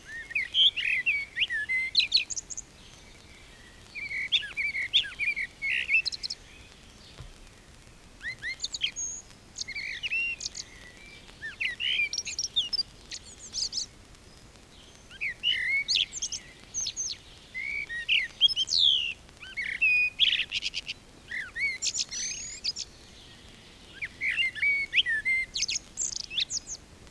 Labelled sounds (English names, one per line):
Common Blackbird song